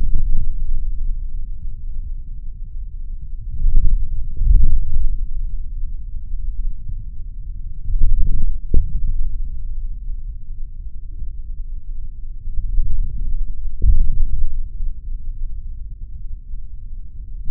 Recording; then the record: forearm muscle sounds (acoustic myography)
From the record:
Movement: forearm pronation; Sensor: system 3, bracelet of six PUI Audio POM-2738L microphones around the upper forearm, with dedicated amplification and filtering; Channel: 4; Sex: male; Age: 26 years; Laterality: right